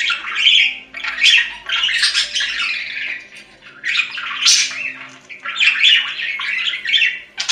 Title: Budgie Sounds